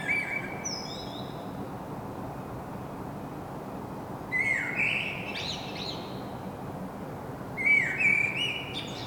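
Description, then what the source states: Common blackbird song: three fluted, warbling phrases, each with a thin, high squeaky twitter, over a steady low background hum. Singing, recorded in Saint-Gilles, Belgium, with a Sony PCM-M10 internal microphone.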